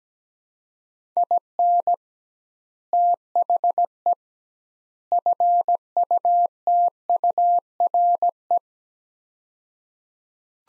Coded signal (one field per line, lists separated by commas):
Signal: Morse code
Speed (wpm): 17 wpm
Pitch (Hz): 700 Hz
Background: none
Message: IN THE FUTURE